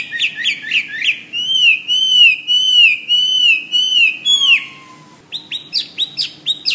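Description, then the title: Bird song opening with quick chirps, then a long wavering whistle, a falling slur, and a closing series of short sharp notes. "SuaraBurung Kicau"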